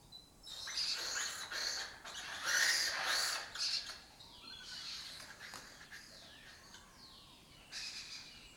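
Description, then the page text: Lesser kestrels chattering in a dense, excited burst of harsh, scratchy notes, fading to scattered calls. Breeding colony occupying an abandoned building complex in Doñana, southern Europe; migratory birds that forage in West Africa and breed in southern Europe. "Lesser Kestrels Took Over an Abandoned Building. Here in Doñana"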